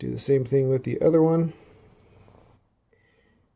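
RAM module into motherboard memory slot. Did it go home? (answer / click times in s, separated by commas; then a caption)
no / none. Someone talks for the first second and a half while a second RAM module is held and lined up with the notch in the motherboard memory slot. Only faint handling sounds follow, with small soft ticks near 2.4, 2.9 and 3.6 seconds. The module has not been pushed in and nothing has clicked into place yet.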